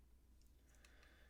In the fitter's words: they click into place